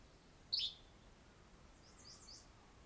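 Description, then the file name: Yellow-bellied flycatcher giving one quick, clipped high note early on, followed later by a few faint, very high sounds. "YBFL SONG - Yellow-bellied Flycatcher - Empidonax flaviventris"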